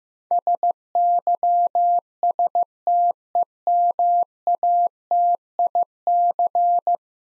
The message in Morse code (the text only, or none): SYSTEMATIC